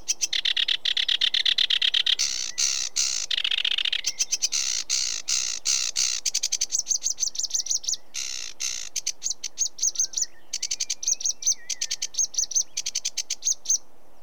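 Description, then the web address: Sedge warbler song: a long, hurried jumble of harsh chattering notes, buzzy trills and grating rattles, changing pace constantly with occasional clear whistled slurs. British birds. "The BBC Sound Effects Library (British Birds) Sedge Warbler"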